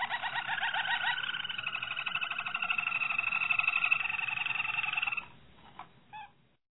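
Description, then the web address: Canary (Harz Roller): song of long rolling trills lasting about five seconds, then cutting off and followed by a few soft notes. Harz Roller canary breed. "~joaopt canarios racas canto harzerv"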